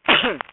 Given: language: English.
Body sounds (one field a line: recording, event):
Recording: throat vibration sensor signal played as sound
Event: cough